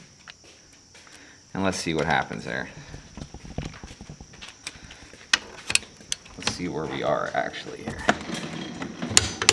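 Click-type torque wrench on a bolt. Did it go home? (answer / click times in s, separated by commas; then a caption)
yes / 9.2 s, 9.5 s. A click-type torque wrench set to 60 pounds tightens a bolt while someone talks, with ratcheting and handling clicks along the way. The wrench breaks over with sharp metallic clicks at 9.2 and 9.5 seconds, confirming 60 pounds is reached.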